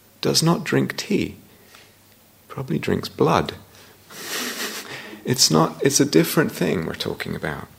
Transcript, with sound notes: does not drink tea! He probably drinks blood. [laughter] It's a different thing we're talking about.